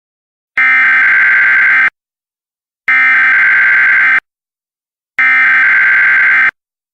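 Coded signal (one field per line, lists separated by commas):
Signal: Emergency Alert System (SAME) tones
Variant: header bursts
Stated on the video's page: Homemade EAS test created with Mac OS X.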